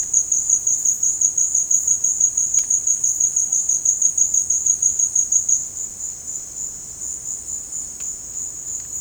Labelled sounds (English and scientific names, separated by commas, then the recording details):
none
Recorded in dense forest near Puerto Asís, Putumayo, Colombia, on 23 June 2025 at 16:00
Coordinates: 0.486, -76.317
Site G065